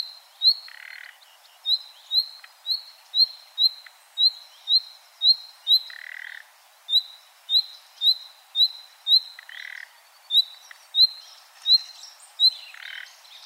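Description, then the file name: Common nightingale calling with a long string of quick rising whistles, several harsh croaking rasps mixed in at intervals. "Luscinia megarhynchos"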